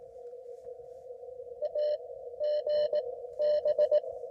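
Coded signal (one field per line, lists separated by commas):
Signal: Morse code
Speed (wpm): 18 wpm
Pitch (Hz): 590 Hz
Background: none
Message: A GB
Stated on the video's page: Portable Parks on the Air activation, roughly ten contacts made in about 45 minutes.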